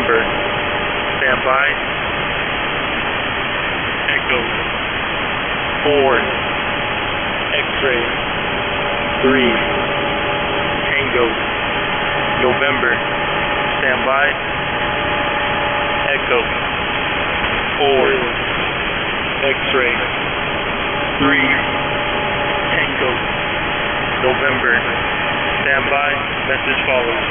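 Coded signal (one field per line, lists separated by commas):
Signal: coded military voice message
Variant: US Air Force EAM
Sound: male voice reading phonetic letters and numbers, repeated twice, with 'stand by' and 'message follows'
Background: radio hum and static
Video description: 03:28 - EAM 2; 1903z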